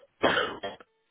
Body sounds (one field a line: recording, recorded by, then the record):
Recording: voluntary cough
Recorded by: telephone call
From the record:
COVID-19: positive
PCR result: self-reported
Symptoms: yes